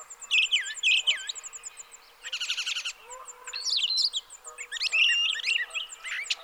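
Brown thrasher phrases, slurred whistles and a dense buzzy burst, mixed with a steady series of very high ticking notes in the background.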